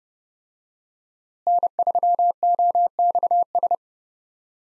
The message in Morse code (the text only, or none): N3OXS